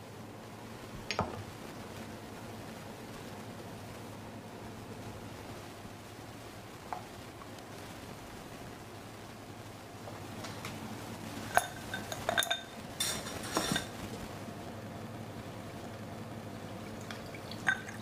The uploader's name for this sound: Bartender Sounds